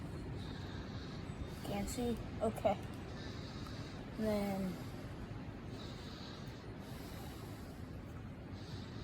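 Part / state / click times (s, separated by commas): clip or cap on distributor / not seated / none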